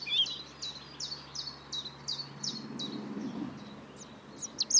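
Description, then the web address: European robin singing a quick series of repeated, high, thin notes, ending with a few sharp notes, over steady background noise. "Deverinetal 2025 File origin Bird Only Er Ru"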